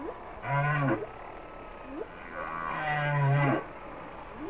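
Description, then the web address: Humpback whale song, a short deep moaning unit followed by a longer groan, with brief upswept chirps between them. "Whale Songs Sounds of Nature - Humpback Whales"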